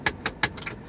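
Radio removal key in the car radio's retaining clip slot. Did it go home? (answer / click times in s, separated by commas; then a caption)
no / none. Radio removal keys are pushed into the retaining clip slots of an Audi A4 (2002–2006) car radio and pulled outward, slipping over the radio's metal retaining teeth instead of latching onto them. Sharp, bright clicks are heard at about 0.1, 0.3 and 0.4 seconds, followed by softer clicks near 0.6 seconds and another at the very end. The keys fail to grab the radio's spring clips, so nothing has seated or caught yet.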